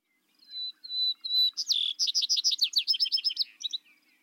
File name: Vesper Sparrow